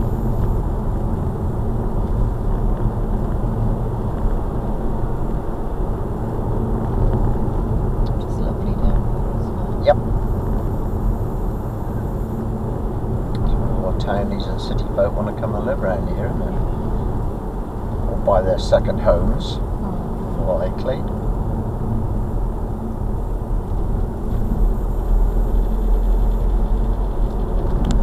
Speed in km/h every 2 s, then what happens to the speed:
48, 48, 48, 48, 50, 50, 50, 50, 52, 47, 47, 44, 42, 45.
0-16 steady at about 50. 16-23 slows to 42.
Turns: none.